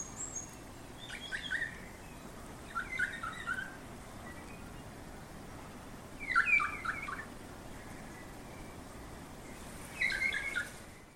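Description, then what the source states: New Zealand kaka giving short harsh calls in four separate bursts, spaced a few seconds apart, over a steady low background hiss. Recorded at Ackers Point.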